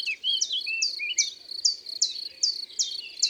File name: Pouillot veloce